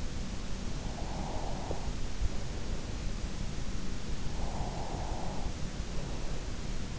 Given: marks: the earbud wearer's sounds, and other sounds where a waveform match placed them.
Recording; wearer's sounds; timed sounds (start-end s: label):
sounds in sleep by an in-ear microphone; breath
0.31-3.74 s: breath
4.20-6.99 s: breath